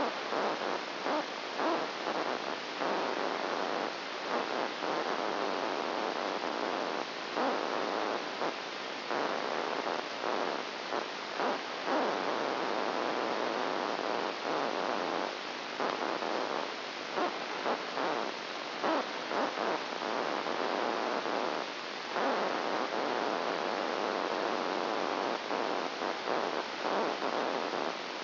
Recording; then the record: brain microelectrode recording played as sound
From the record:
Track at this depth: outside the subthalamic nucleus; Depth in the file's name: 5.002 mm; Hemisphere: left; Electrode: 1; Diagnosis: Parkinson's disease